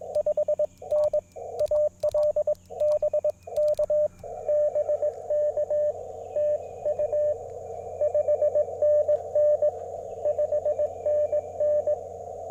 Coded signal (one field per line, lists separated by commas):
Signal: Morse code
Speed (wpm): 21 wpm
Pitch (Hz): 590 Hz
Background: radio noise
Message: 5N AL BK BK TU 5NN 5NN